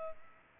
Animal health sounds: mosquito wingbeat signal from an infrared sensor; Culex pipiens

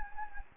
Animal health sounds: mosquito wingbeat signal from an infrared sensor; Anopheles gambiae

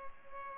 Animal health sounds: mosquito wingbeat signal from an infrared sensor; Culex pipiens

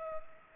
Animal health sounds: mosquito wingbeat signal from an infrared sensor; Culex pipiens

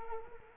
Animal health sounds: mosquito wingbeat signal from an infrared sensor; Culex quinquefasciatus

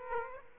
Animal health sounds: mosquito wingbeat signal from an infrared sensor; Aedes aegypti

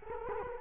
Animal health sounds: mosquito wingbeat signal from an infrared sensor; Culex quinquefasciatus

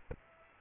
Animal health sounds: mosquito wingbeat signal from an infrared sensor; Aedes aegypti

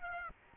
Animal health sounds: mosquito wingbeat signal from an infrared sensor; Aedes albopictus

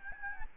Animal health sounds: mosquito wingbeat signal from an infrared sensor; Aedes albopictus

